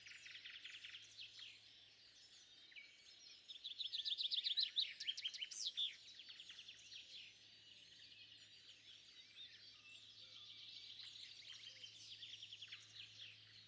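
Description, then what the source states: Dense bird chorus of high twittering notes, one loud stuttering trill near four to six seconds standing out, then softer scattered chirps with a low hum. Bird calls recorded at sunrise.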